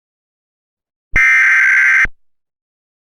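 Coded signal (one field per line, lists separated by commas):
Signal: Emergency Alert System (SAME) tones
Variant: header bursts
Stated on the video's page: Fictional WW3 EAS scenario, not a real alert.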